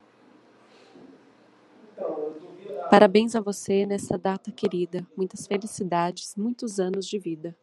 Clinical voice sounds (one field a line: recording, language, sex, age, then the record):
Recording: short text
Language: Brazilian Portuguese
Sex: female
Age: 30 to 39 years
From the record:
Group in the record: control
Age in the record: 33 years